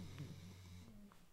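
A dog snoring deeply in the background, a low, rumbling sound.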